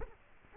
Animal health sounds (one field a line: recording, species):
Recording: mosquito wingbeat signal from an infrared sensor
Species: Culex quinquefasciatus